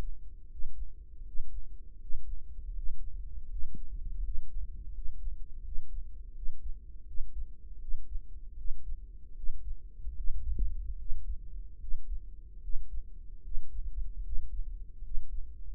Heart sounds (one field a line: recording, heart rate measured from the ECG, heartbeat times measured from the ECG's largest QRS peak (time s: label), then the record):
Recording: heart sounds by microphone in the right ear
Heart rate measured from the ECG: 78 bpm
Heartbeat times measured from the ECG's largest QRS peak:
0.51 s: heartbeat
1.26 s: heartbeat
2.01 s: heartbeat
2.75 s: heartbeat
3.50 s: heartbeat
4.24 s: heartbeat
4.94 s: heartbeat
5.64 s: heartbeat
6.35 s: heartbeat
7.07 s: heartbeat
7.81 s: heartbeat
8.58 s: heartbeat
9.36 s: heartbeat
10.17 s: heartbeat
10.99 s: heartbeat
11.81 s: heartbeat
12.63 s: heartbeat
13.44 s: heartbeat
14.25 s: heartbeat
15.04 s: heartbeat
From the record:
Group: healthy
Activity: breath hold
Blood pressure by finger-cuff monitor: 156/87 mmHg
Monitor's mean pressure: 106 mmHg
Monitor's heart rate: 80 bpm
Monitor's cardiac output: 6.5 L/min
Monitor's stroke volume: 80 mL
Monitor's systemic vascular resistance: 1240 dyn s/cm5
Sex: male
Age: 21 years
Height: 175 cm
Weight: 72.6 kg